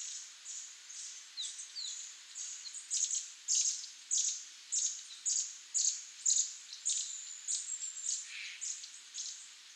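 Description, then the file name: Eurasian nuthatch calls: sharp, high-pitched chips repeated roughly twice a second, with a faint background hiss. "Sitta europaea"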